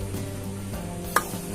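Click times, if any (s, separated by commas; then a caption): none. A kick-starter spring part is pushed with a screwdriver into the kick-starter shaft and crankcase of a Yamaha Mio scooter, and a sharp metallic tick is heard at about 1.2 s with a fainter one near 1.6 s over a steady hum with music. The part has not clicked into place yet.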